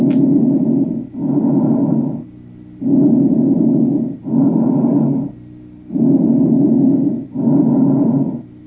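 Loud, hollow, harsh breath sounds over an adult's chest at about 20 breaths a minute, with inspiration and expiration of similar length and loudness and a brief pause between them. These are bronchial breath sounds, abnormal when heard over the peripheral lung fields.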